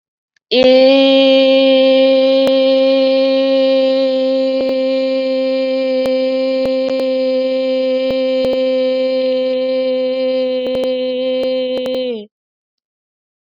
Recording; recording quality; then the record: sustained vowel as in made; excellent, no background noise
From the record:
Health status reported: COVID-19 positive, mild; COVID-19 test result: positive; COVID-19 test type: RT-PCR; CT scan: not taken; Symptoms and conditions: cough, fever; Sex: female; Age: 19 years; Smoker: no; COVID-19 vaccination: both doses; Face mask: worn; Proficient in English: yes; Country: India